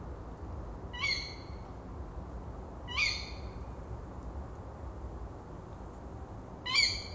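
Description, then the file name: Tawny owl calls: three short, shrill, harsh notes spaced two to four seconds apart against faint constant hiss. "waldkauz"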